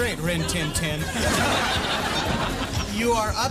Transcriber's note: laughter